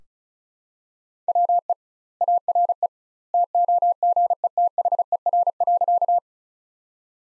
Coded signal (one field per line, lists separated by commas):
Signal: Morse code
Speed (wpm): 36 wpm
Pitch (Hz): 700 Hz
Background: none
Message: WE ARE TOGETHER.